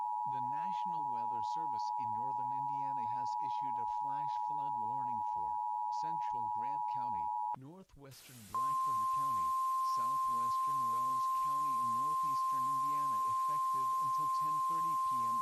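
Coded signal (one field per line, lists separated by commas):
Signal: Emergency Alert System (SAME) tones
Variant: 853 and 960 Hz attention tone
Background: speech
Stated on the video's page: Mock flood EAS made with an authentic Uniden Bearcat WX-100 warning tone and probably an Alert Works EAR-10 advisory tone; the ENDEC time does not match.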